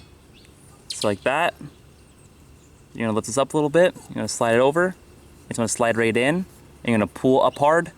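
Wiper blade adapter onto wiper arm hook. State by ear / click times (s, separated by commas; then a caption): not seated / none. A new wiper blade's plastic adapter is being lifted and slid over the J-hook of a metal wiper arm, ready to be pulled up hard until it locks. Someone talks throughout over quiet background noise, with a few short handling sounds. The blade has not clicked or seated on the arm yet.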